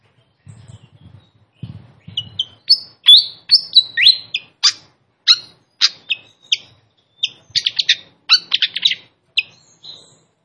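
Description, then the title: Malaysian pied fantail song: quick, bright chirps and downslurred whistles in rapid bursts, preceded by a few soft low rustling sounds. Clear song used to train other birds, with the sound of trickling water. "Masteran Sikatan Kipas Suara Jernih Dan Suara Gemericik Air"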